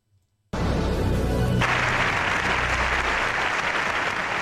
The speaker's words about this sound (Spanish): Vamos a escuchar precisamente algunos aplausos que se dieron ayer en el Congreso de los Diputados. Repito, en momentos en que el presidente Zelensky pedía el apoyo a su país y también la mejor forma de hacerlo, que es cortando con Rusia.